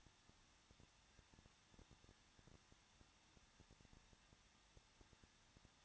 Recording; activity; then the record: daily activity, microphone in the room; no activity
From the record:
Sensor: 3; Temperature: 21.2 degrees Celsius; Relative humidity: 36.2%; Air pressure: 1006.5 hPa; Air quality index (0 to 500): 220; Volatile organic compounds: 39 ppm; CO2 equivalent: 3130 ppm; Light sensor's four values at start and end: 2/3/2/2 and 2/3/2/2